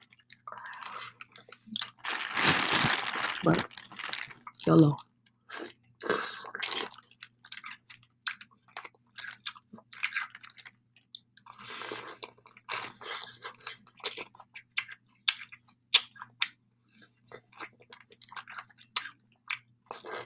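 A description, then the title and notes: Eating sounds: wet chewing and crunching, with a loud burst of crunchy bites around 2.5 to 3.5 seconds and another near 5 seconds. After that, steady, irregular chews, smacks and sharp clicks continue throughout, with a faint low hum underneath. ASMR MUKBANG.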